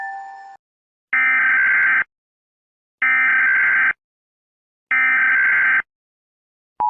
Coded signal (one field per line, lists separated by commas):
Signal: Emergency Alert System (SAME) tones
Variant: header bursts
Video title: 21 New EAS Alarm Requested By @marthaLM7391